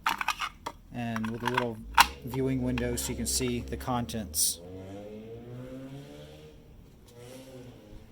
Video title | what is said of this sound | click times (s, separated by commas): Refrigerated Syringe Dispenser - RSD-30 | it's just gonna snap into place | 0.1 s